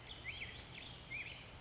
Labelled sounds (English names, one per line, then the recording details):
Black-headed Grosbeak
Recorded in Sonoma County, California